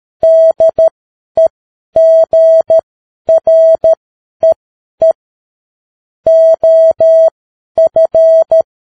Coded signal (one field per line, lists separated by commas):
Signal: Morse code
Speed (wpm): 13 wpm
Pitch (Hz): 650 Hz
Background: none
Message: DEGREE OF